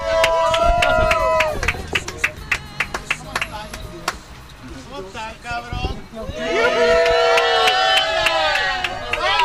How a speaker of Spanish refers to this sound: ¡Fuerte el aplauso!